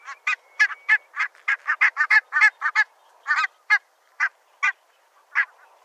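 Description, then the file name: Barnacle goose: barnacle geese calling in flight, sharp barking yelps in quick irregular bursts, thinning out toward the end with gaps between single honks. "HVITKINNGÅS FLUKTLYD"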